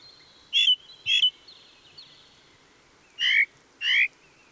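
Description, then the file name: Ring ouzel song: two loud piping notes, a pause, then two more notes. Song recorded 26 April 2014. "Ringdrossel. Michle Pron"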